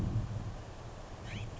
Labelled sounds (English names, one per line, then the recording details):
California Scrub-Jay
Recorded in Sonoma County, California